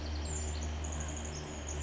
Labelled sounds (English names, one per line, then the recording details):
Pacific Wren
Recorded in Sonoma County, California